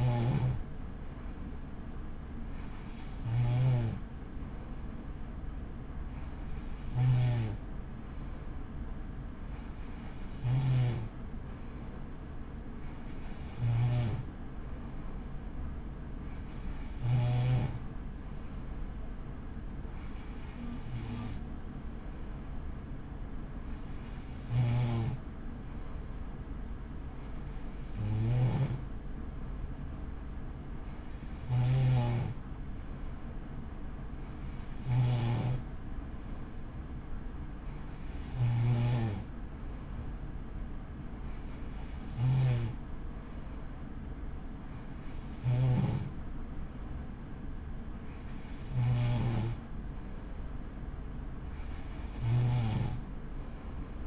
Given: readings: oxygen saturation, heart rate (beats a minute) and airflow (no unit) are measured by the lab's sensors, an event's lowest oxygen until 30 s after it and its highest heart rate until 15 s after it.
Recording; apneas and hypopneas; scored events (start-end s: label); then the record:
breathing in sleep by a smartphone at the bedside; none
none scored
From the record:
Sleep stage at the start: N3 (deep sleep); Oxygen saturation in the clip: 94%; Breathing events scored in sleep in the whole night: 83 in 6.1 hours asleep